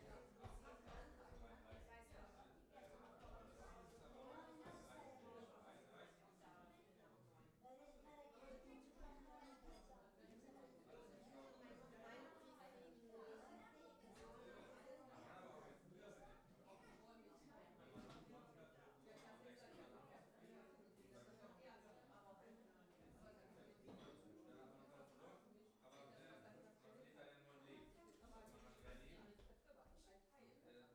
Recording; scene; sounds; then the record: everyday scene through a hearing-aid microphone; many people talking; many voices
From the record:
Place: parish hall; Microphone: behind the ear, left, front